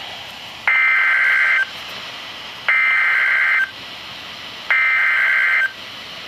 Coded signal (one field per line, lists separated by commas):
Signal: Emergency Alert System (SAME) tones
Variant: header bursts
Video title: Severe Thunderstorm Warning for Harford Co., MD [EAS 224/225] | NOAA Weather Radio (6/1/2012)